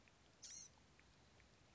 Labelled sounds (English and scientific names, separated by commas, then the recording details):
Blue-gray Gnatcatcher (Polioptila caerulea)
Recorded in Sonoma County, California